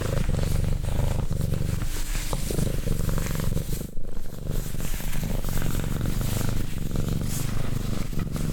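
Cat purring in a continuous low vibrating rumble, rhythm steady throughout, with a brief pause near the middle.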